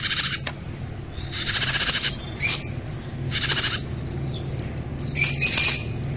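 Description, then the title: Bird song mixing short rapid high trills with sharp whistled chirps, in alternating bursts, over a faint low hum. "kikicau"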